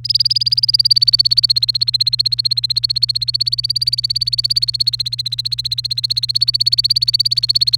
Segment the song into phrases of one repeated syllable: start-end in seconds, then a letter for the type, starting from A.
0.04-7.78 A